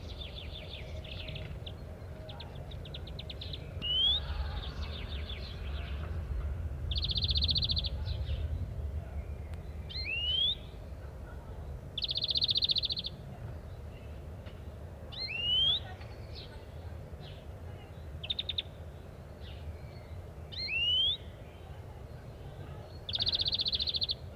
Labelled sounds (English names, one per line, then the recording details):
European Greenfinch
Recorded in the wild
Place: Wuppertal, Nordrhein-Westfalen, DE
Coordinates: 51.23, 7.2
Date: 1995-04-20
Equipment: Sony WM-D6C
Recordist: Skiba, Reinald